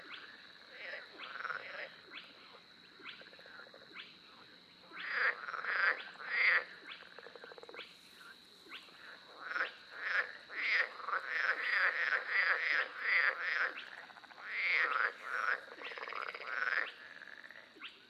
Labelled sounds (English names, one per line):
Spotted Crake